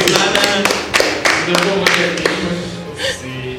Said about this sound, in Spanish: Bueno, un aplauso.